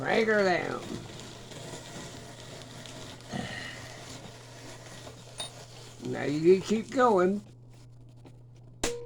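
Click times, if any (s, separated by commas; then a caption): 8.8 s. Someone talks while a part is rolled in and a hand-crank tightening knob on a clamp or assembly is cranked down and kept turning. The knob gives a sharp click at its stop at 8.8 seconds, showing it has reached torque.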